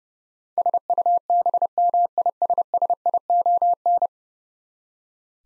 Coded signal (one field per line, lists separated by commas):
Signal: Morse code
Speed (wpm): 32 wpm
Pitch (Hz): 700 Hz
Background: none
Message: SUBMISSION